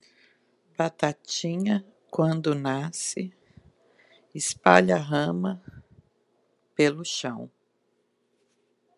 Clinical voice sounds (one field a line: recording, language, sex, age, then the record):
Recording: short text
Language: Brazilian Portuguese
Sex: female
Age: 50 to 59 years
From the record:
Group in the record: control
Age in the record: 58 years